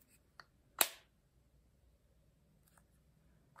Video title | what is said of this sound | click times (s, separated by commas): Kit Up pt.1 -- Winter Girl (Shutterstock) Enabler’s Outpost | um they are very securely fastened here you might be able to hear it | 0.8 s